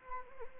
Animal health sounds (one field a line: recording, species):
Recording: mosquito wingbeat signal from an infrared sensor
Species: Anopheles arabiensis